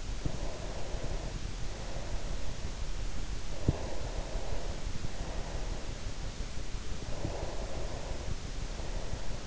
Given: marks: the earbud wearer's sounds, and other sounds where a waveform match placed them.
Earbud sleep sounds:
sounds in sleep by an in-ear microphone; breath
0.36-2.70 s: breath
3.48-5.95 s: breath
6.60-9.46 s: breath

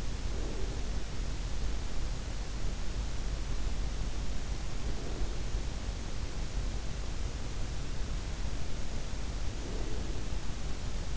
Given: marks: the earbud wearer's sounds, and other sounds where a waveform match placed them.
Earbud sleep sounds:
sounds in sleep by an in-ear microphone; breath
0.00-2.01 s: breath
4.87-6.16 s: breath
9.41-11.17 s: breath

